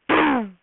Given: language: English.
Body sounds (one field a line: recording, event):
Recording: throat vibration sensor signal played as sound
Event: throat clearing